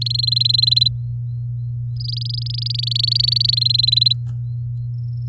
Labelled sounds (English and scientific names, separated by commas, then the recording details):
Domestic Canary (Serinus canaria) song
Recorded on 8 May 2018 at 07:46
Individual llb16